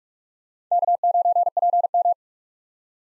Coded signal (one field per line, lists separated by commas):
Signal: Morse code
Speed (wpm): 43 wpm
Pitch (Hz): 700 Hz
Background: none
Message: K9PM